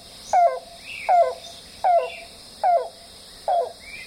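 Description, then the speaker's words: Yellow-billed Cuckoo calling: five notes repeated steadily about every 0.8 seconds. Bird calling from a thicket of shrubs next to a boardwalk on the east side of Okefenokee National Wildlife Refuge; call rendered as "calp, calp, calp, calp"; relative of the common cuckoo of Europe. "one of the first things I recorded was some sound coming from a thicket of shrubs next to the boardwalk, and it's the call of the yellow-billed cuckoo"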